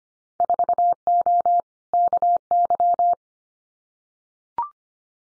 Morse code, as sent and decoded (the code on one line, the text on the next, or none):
....- --- / -.- -.--
4O KY